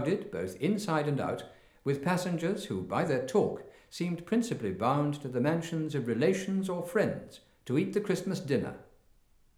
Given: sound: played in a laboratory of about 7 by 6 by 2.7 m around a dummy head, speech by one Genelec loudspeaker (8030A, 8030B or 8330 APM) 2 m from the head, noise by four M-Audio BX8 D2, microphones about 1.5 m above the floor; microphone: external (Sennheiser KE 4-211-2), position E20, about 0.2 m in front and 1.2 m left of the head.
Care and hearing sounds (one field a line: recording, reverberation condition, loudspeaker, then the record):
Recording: male speech in English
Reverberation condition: medium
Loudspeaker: 60 degrees to the left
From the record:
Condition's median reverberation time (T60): about 510 ms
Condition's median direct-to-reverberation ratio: about -0.5 dB